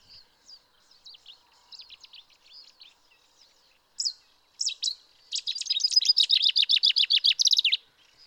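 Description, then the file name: Common chaffinch song opening with faint separate chirps, then a loud run of rapid falling notes ending in a sharp flourish. "Fringilla coelebs"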